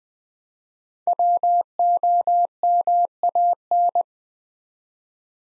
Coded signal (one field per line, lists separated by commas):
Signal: Morse code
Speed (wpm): 20 wpm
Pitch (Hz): 700 Hz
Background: none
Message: WOMAN